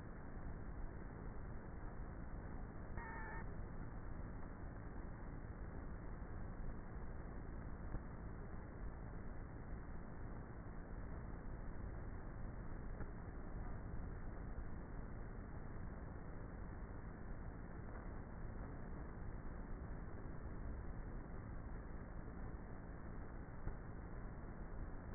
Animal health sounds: honeybee colony, microphone inside the hive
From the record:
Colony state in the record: queenless with a low population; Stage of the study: before two queens were removed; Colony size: about 30,000 bees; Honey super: no

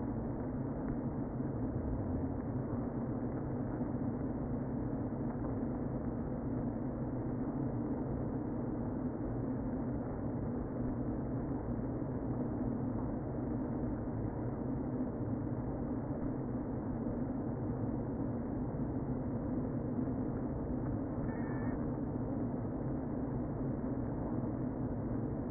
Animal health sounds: honeybee colony, microphone inside the hive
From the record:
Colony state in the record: queen present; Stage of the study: before two queens were removed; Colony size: about 60,000 bees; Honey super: yes

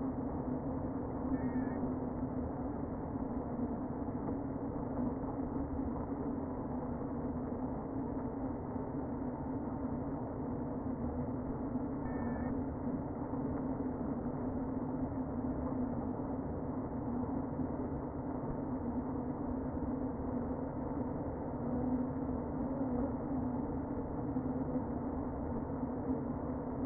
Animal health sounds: honeybee colony, microphone inside the hive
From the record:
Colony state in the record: queen present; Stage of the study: before two queens were removed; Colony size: about 60,000 bees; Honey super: yes

